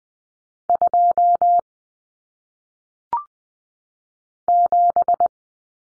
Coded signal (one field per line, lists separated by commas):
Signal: Morse code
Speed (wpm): 20 wpm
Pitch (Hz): 700 Hz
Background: none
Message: 2 7